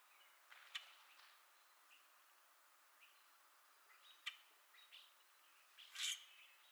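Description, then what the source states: Common grackle calls: scattered brief clicks, then one louder rough chack near the end. Recorded on 4 April 2021.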